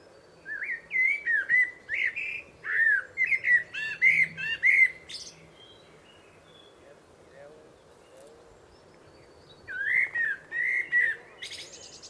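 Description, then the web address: Bird calling in two bursts of varied whistled notes, some slurred downward, a pause of several seconds between them, with constant low background hiss. "Bird Only"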